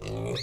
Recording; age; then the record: pig call; weaner (32 to 43 days)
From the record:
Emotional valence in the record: negative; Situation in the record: short isolation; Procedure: open field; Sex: female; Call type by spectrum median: low-frequency call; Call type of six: mixed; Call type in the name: high-frequency modulated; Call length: 0.43 s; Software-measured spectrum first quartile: 268 Hz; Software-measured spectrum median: 750 Hz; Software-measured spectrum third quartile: 3626 Hz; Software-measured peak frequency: 393 Hz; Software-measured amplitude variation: 84 dB a second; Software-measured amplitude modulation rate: 37.5 a second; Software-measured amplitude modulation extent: 2.2 dB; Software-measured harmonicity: -0.1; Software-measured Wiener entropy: -3.36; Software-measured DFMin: 712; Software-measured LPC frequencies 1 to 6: 435, 2131, 2555, 3730, 4382, 5389 Hz